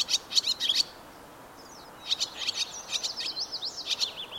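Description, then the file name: Barn swallow twittering in rapid high chirps, then after a pause a warbling run of slurred, rising and falling notes; light background hiss. "Ladusvala"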